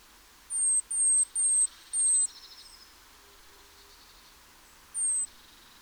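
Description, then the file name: Great tit calls: a rapid run of four high, thin, falling notes followed by a buzzy chatter, then a pause and one more thin note. "Parus major"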